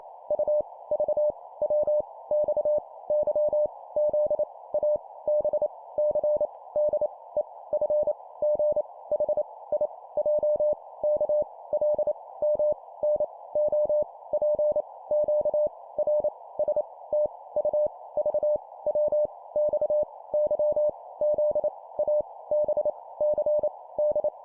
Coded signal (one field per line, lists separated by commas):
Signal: Morse code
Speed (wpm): 28 wpm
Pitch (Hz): 600 Hz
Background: none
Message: U V W X Y Z A B C D E F G H I J K L M N O P Q R S T U V W X Y Z A B C D